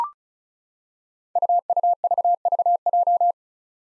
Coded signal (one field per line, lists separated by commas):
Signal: Morse code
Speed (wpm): 36 wpm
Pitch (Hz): 700 Hz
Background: none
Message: UUVVJ